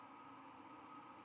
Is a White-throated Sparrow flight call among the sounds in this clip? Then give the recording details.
no. No flight call is heard. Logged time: 23:05 on 11 November 2014